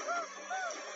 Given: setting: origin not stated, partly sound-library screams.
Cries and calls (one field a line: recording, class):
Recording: one-second piece from a danger detection set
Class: woman in danger